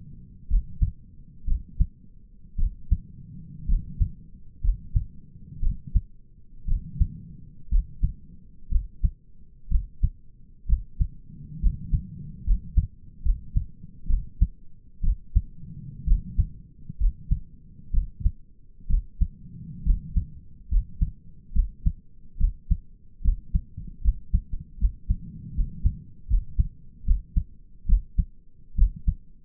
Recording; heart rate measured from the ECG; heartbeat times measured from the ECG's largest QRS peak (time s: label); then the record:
heart sounds by stethoscope; 66 bpm
0.49 s: heartbeat
1.47 s: heartbeat
2.58 s: heartbeat
3.68 s: heartbeat
4.63 s: heartbeat
5.62 s: heartbeat
6.67 s: heartbeat
7.71 s: heartbeat
8.71 s: heartbeat
9.70 s: heartbeat
10.68 s: heartbeat
11.61 s: heartbeat
12.45 s: heartbeat
13.24 s: heartbeat
14.09 s: heartbeat
15.03 s: heartbeat
16.07 s: heartbeat
16.99 s: heartbeat
17.93 s: heartbeat
18.89 s: heartbeat
19.85 s: heartbeat
20.70 s: heartbeat
21.54 s: heartbeat
22.39 s: heartbeat
23.23 s: heartbeat
24.03 s: heartbeat
24.79 s: heartbeat
25.55 s: heartbeat
26.29 s: heartbeat
27.06 s: heartbeat
27.88 s: heartbeat
28.77 s: heartbeat
From the record:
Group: healthy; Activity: rest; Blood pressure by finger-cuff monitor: 88/58 mmHg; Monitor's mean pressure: 68 mmHg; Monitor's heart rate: 64 bpm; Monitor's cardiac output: 5.6 L/min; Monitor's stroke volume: 87 mL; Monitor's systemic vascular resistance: 850 dyn s/cm5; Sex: male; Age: 22 years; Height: 181 cm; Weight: 79 kg